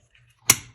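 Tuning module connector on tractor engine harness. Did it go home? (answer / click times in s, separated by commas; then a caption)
released / 0.5 s. A tuning module connector on a tractor engine harness, its center locking tab pushed in with a small screwdriver, is rotated back down until it releases. A single sharp click at 0.5 s marks it popping back out of its socket, followed by a short ringing decay, with only a faint tick before it.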